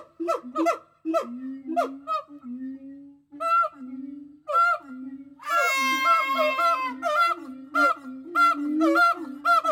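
Gibbon calls: short harmonic hoots repeated rapidly, a lower drawn-out note, then a dense quavering burst that breaks into quick rising and falling whoops.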